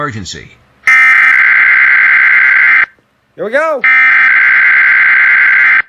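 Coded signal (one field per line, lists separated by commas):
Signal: Emergency Alert System (SAME) tones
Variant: header bursts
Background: speech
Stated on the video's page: Required weekly tests from the National Weather Service.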